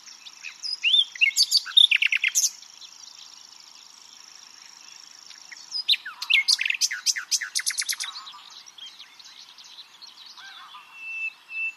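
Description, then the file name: Common nightingale song: bursts of rapid repeated notes, then a pause before a dense rattling phrase, ending with a thin sustained whistle. "Luscinia megarhynchos"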